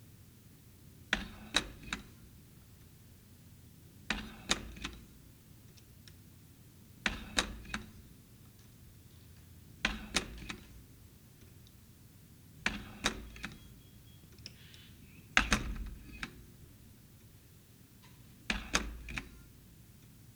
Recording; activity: daily activity, guitar pickup as the sensor; manipulate door